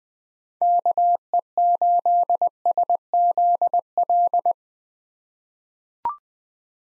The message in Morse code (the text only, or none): KE8SZL